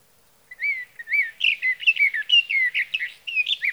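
Sage thrasher song opening with a few separate slurred whistles, then speeding into a dense, jumbled warble.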